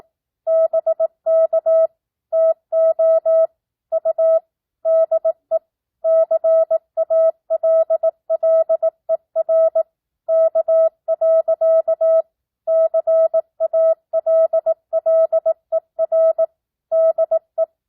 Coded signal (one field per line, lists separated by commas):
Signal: Morse code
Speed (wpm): 18 wpm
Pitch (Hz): 650 Hz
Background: none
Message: BK TO U DE CALLER K. CALLER DE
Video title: Morse Code Practice 12th Grade